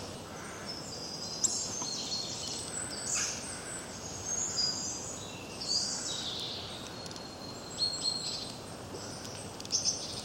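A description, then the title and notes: Birds chirp and twitter through the whole stretch, a busy overlapping chorus of high, bright calls. Several louder chirps stand out, around one and a half seconds, near six, and a quick cluster just before eight and at ten, over a steady low hiss of background noise. Birds Chirping Sounds. Bird nature.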